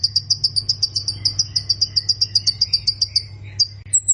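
Plain prinia singing a fast run of high, buzzy repeated notes, ending with a thin higher note; low steady hum throughout.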